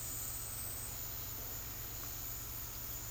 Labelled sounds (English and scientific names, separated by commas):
none